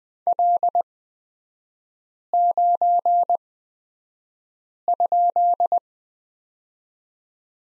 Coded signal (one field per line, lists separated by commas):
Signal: Morse code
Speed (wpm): 20 wpm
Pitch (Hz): 700 Hz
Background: none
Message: L9?